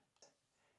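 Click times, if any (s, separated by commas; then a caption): 0.2 s. A Garmin smartwatch is placed onto the side slot of a 3-in-1 charging stand. A short, quiet tick is heard at 0.2 s over low background noise, and the watch snaps into place in the cradle.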